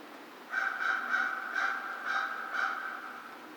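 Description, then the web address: American crow calling with six harsh caws, loosely spaced. Recorded on 2 March 2010. "American Crow 2010 03 02"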